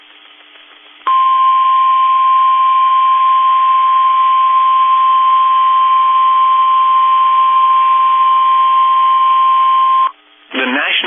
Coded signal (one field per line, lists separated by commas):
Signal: Emergency Alert System (SAME) tones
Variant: 1050 Hz attention tone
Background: speech